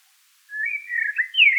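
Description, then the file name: Eurasian blackbird singing a short phrase of mellow whistles that climbs to a brighter, higher note at the end. "Turdus merula"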